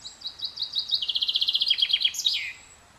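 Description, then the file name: Common chaffinch singing a fast, descending trill of crisp repeated notes that accelerates, then finishes with a sharp closing flourish. "Fringilla coelebs"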